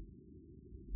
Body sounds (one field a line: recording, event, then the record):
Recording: neck accelerometer signal played as sound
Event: no cough (speech, laughter, throat clearing or background)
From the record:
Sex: female